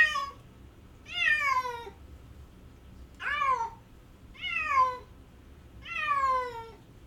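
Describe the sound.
Cat crying with five drawn-out plaintive meows, spaced about every one to two seconds.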